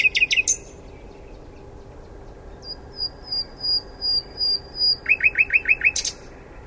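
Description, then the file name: Common nightingale singing a varied phrase: brisk chirps, a long series of high thin whistles, then a rapid burst of repeated rich notes and a final buzzy flourish. "Luscinia megarhynchos"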